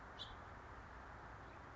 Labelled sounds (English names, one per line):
House Finch